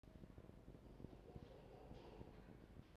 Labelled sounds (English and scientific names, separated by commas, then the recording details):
Red Fox (Vulpes vulpes)
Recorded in captivity
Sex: male
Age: adult
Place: Zoologisches Institut der HUB, Berlin, DE
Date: 1952-02-01 18:15
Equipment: Elmetra
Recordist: Tembrock, Günter
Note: Jupp: Muffen (ohne Fleisch) [(=altes LKn,D)]